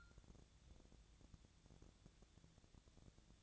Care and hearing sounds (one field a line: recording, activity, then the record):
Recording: daily activity, microphone in the room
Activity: take from stove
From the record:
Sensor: 3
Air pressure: 1000.0 hPa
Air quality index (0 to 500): 125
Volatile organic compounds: 2 ppm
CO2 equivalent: 1122 ppm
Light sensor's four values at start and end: 46/116/50/55 and 46/116/50/56